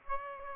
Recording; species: mosquito wingbeat signal from an infrared sensor; Aedes aegypti